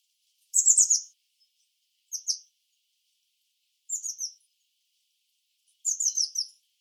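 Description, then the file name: Eurasian blue tit calls, four bursts of rapid high descending notes spaced about two seconds apart. "Cyanistes caeruleus"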